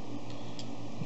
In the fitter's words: kind of feel it click. There it goes.